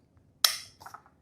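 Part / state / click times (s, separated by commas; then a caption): attachment accessory into the handheld steam unit nozzle / seated / 0.5 s. An attachment accessory slides onto the bottom nozzle of a handheld steam unit and locks in place with a single sharp plastic snap at 0.4 seconds. A few softer, quieter clicks and rattles follow near 0.9 and 1.1 seconds, and the accessory is seated.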